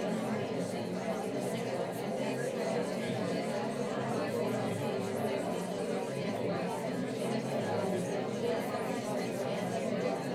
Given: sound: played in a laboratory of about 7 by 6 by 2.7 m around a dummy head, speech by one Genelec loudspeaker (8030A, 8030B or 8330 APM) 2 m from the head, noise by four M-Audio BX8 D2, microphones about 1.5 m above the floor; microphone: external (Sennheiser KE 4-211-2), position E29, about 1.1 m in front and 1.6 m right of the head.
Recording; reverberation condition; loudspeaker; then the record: babble noise; low; four, about 170 cm from the corners of the room and facing them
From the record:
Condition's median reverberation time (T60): about 310 ms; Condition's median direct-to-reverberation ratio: about 3.5 dB